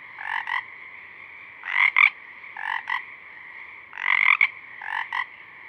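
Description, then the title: Pacific chorus frogs trading two-part ribbit calls in close succession, with a steady trilling chorus underneath. A few Pacific chorus frogs singing at dusk, recorded through a parabolic reflector. "Pacific Chorus Frogs (Pseudacris regilla), dusk, Parabolic"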